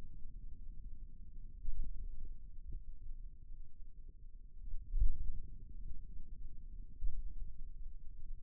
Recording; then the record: forearm muscle sounds (acoustic myography)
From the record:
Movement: finger pinch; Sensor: system 2, bracelet of six BSWA MPA416 microphones around the upper forearm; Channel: 3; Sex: male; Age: 22 years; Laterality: right